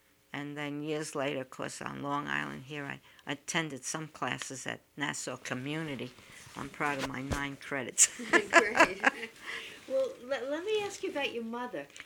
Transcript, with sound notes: and then years later, of course, on Long Island here, I attended some classes at Nassau Community. I'm proud of my nine credits. ( she laughs )
Great. Well, let me ask you about your mother.